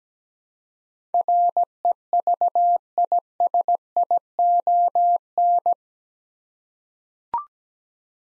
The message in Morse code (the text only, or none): REVISION